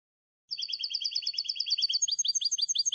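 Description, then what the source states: Goldfinch song: a rapid series of paired high tinkling notes, then switching to a slower, more spaced phrase. Clean goldfinch song for copying, used to train song.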